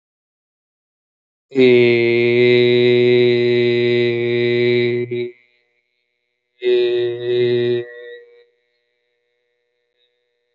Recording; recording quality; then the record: sustained vowel as in made; excellent, no background noise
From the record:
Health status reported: healthy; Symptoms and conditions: none ticked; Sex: male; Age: 32 years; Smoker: not ticked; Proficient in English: yes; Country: India